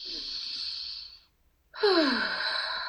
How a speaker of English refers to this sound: I'm breathing out beautiful, grounded, nourishing earth energy into the base of our spine.